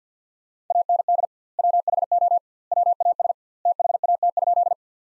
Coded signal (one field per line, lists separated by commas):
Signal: Morse code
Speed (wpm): 50 wpm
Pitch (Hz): 700 Hz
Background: none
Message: AND WHO WAS THAT?